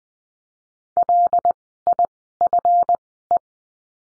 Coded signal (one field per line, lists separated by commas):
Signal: Morse code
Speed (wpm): 20 wpm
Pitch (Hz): 700 Hz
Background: none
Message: LIFE